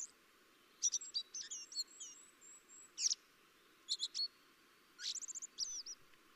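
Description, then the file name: Common blackbird calling, a series of high chirps and thin notes in scattered bursts, one run of fast repeated notes near the end. "Turdus merula"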